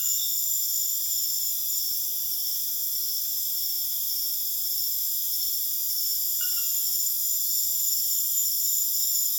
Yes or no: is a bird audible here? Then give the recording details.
no. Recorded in dense forest near Puerto Asís, Putumayo, Colombia, on 23 June 2025 at 21:30. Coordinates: 0.484, -76.325. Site H65